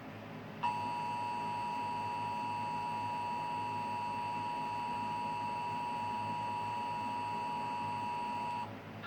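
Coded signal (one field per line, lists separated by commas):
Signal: Emergency Alert System (SAME) tones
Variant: 853 and 960 Hz attention tone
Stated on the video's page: Required monthly EAS test for the St. Louis area, as aired on a television station.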